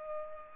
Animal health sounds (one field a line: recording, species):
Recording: mosquito wingbeat signal from an infrared sensor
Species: Culex pipiens